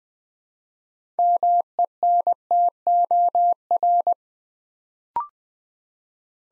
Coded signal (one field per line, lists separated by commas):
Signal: Morse code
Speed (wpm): 20 wpm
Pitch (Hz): 700 Hz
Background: none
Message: MENTOR